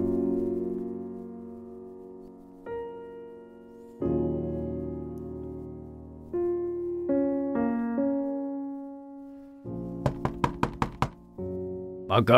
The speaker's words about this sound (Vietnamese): Mới sáng sớm đã có tiếng ai gọi ôm sầm từ ngoài cổng, cộng thêm tiếng đập cửa đinh tai.